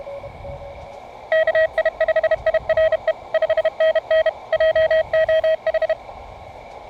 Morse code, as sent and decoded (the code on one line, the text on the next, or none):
-.- .. ..... .. .-. . / ..... -. -. / .--- --- ....
KI5IRE 5NN JOH